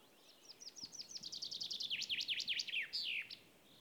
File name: Fringilla coelebs